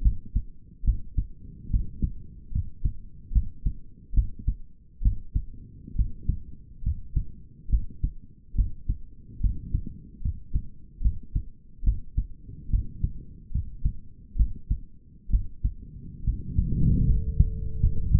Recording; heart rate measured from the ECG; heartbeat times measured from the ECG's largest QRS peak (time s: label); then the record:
heart sounds by stethoscope; 71 bpm
0.02 s: heartbeat
0.84 s: heartbeat
1.70 s: heartbeat
2.52 s: heartbeat
3.32 s: heartbeat
4.14 s: heartbeat
5.02 s: heartbeat
5.95 s: heartbeat
6.83 s: heartbeat
7.69 s: heartbeat
8.55 s: heartbeat
9.40 s: heartbeat
10.21 s: heartbeat
11.01 s: heartbeat
11.83 s: heartbeat
12.70 s: heartbeat
13.51 s: heartbeat
14.36 s: heartbeat
15.30 s: heartbeat
16.24 s: heartbeat
17.05 s: heartbeat
17.80 s: heartbeat
From the record:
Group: healthy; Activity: rest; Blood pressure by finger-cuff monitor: 110/77 mmHg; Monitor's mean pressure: 86 mmHg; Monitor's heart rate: 73 bpm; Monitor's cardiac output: 5.3 L/min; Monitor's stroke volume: 74 mL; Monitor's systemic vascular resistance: 1170 dyn s/cm5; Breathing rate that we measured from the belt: 17 breaths a minute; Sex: male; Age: 21 years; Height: 170 cm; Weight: 71 kg